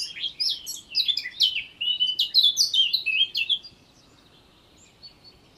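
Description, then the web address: Eurasian blackcap song, a quick jumble of varied warbled notes for nearly four seconds, then near silence. "SETE data Sylvia atricapilla"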